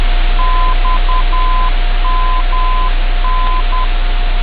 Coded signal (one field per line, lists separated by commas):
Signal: Morse code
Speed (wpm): 10 wpm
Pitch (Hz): 1020 Hz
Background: none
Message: XMN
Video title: Skywave Linux v3 - Software Defined Radio Applications in Linux | Ubuntu Respin | RTL-SDR | Airspy